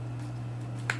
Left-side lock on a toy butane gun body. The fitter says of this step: naka-lock na rin yan siya